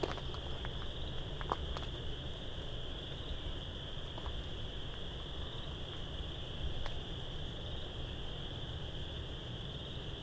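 A spring dusk walk in the Vinemount Swamp, where a high, unbroken chorus, probably frogs, holds one steady pitch for the whole ten seconds. A low, rumbling hum sits underneath, and a few short ticks and snaps break in near the start and again around four and seven seconds.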